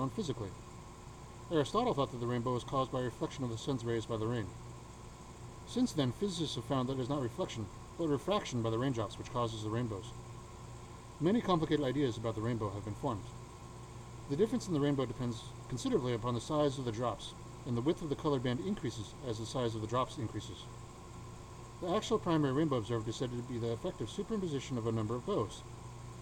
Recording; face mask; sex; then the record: reading aloud; surgical mask; male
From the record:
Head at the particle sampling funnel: tilted down, bridge of the nose in front of it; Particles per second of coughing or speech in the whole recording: 2.26